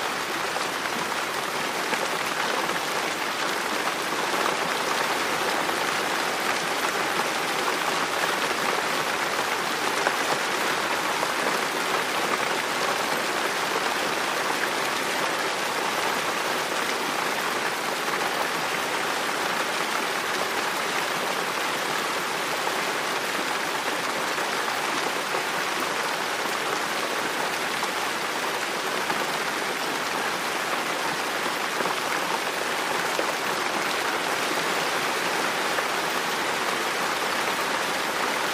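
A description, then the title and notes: Rain beats against a window in a dense, unbroken hiss that holds the same level from start to finish. Countless fine drops blur together into a bright, even wash with only a light low end, and no separate events stand out. Raining Sounds for Sleeping Featuring Rain On Window - White Noise.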